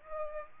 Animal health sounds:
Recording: mosquito wingbeat signal from an infrared sensor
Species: Aedes aegypti

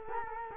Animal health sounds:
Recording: mosquito wingbeat signal from an infrared sensor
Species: Culex quinquefasciatus

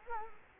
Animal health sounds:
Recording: mosquito wingbeat signal from an infrared sensor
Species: Culex quinquefasciatus

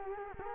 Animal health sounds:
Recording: mosquito wingbeat signal from an infrared sensor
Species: Culex quinquefasciatus

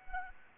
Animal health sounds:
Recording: mosquito wingbeat signal from an infrared sensor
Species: Anopheles arabiensis

